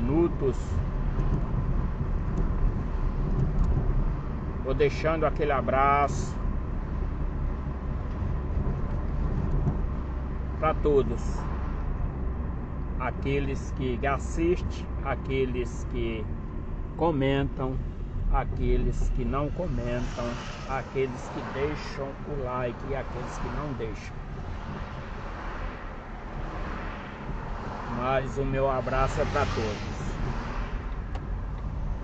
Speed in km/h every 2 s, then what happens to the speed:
41, 40, 39, 39, 38, 38, 37, 30, 22, 15, 13, 14, 9, 13, 19, 20.
0-13 steady at about 39. 13-19 brakes to 13. 19-25 steady at about 13. 25-28 speeds up to 19.